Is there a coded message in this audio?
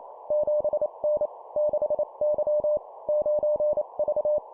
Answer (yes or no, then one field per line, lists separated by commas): yes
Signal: Morse code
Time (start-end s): 0.3-4.4 s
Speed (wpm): 28 wpm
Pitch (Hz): 600 Hz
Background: none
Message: 7N 6Y 9V